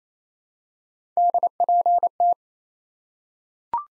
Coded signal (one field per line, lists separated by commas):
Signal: Morse code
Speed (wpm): 28 wpm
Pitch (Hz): 700 Hz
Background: none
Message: DPT